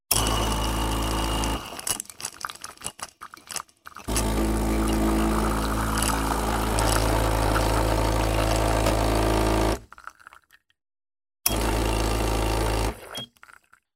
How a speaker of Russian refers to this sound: Я бросил пару монет, нажал кнопку. Автомат недовольно заурчал и выдал мне стаканчик с какой-то мутной, едва теплой жижей, отдаленно напоминающей кофе.